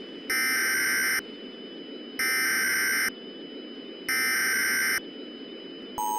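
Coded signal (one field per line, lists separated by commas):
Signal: Emergency Alert System (SAME) tones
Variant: header bursts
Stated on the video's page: Fictional tornado outbreak EAS scenario.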